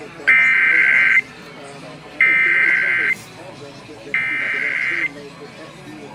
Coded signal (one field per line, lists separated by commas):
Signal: Emergency Alert System (SAME) tones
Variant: header bursts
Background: speech